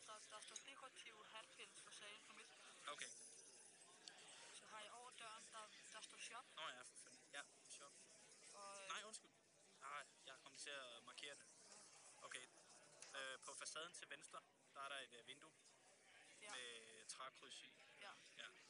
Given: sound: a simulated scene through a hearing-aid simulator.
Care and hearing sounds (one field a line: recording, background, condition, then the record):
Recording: conversation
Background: cafeteria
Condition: +4 dB SNR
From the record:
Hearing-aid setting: III (slow-acting compression, loudness normalization, advanced features for about 2.5 dB of SNR improvement)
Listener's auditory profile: D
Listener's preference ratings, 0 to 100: 70, 62, 60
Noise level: 65 dB SPL